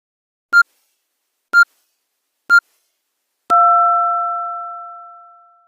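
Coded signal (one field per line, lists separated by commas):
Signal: radio time signal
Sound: three short high pips one second apart, then a long fading two-note tone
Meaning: The start of the final long tone marks the exact time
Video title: My version of time signal sound effect using Nokia ESeries E63 phone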